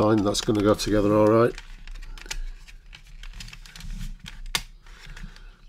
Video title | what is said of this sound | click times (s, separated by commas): Kotare 1/32 Spitfire Mk1a part 3 | you can hear the click | 4.6 s